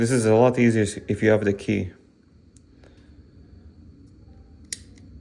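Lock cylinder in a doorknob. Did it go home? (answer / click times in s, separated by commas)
released / 4.7 s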